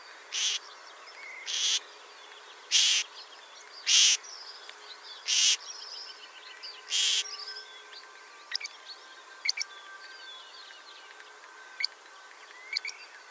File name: Averla maggiore